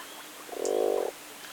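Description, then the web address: Common frog giving a single low, pulsed grunting croak lasting about half a second, with quiet background. "grodljud vanlig groda"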